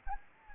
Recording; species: mosquito wingbeat signal from an infrared sensor; Anopheles gambiae